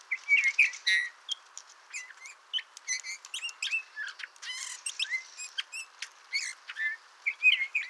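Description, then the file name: Eurasian bullfinch calls: soft whistled notes near the start, then a busy run of short chirps, clicks and thin high notes through the rest. "Pyrrhula pyrrhula"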